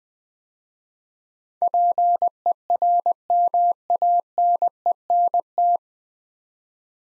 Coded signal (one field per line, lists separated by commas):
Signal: Morse code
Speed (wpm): 20 wpm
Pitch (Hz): 700 Hz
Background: none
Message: PERMANENT